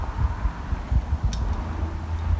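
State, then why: Seated. A pop-up cube tent frame leg is extended by hand while a foot holds it down, with wind rumbling in the background. The slider latch clicks into place with a short, sharp snap at 1.3 s, and the leg is up and locked.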